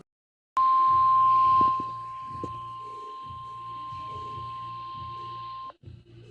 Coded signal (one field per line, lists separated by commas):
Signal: Emergency Alert System (SAME) tones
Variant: 1050 Hz attention tone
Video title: Mega EAS Alert Compilation! (EAS #456- #492)